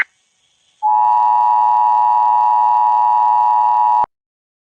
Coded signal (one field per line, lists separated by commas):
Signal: Emergency Alert System (SAME) tones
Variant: 853 and 960 Hz attention tone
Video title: Racist Tornadoes EAS Alert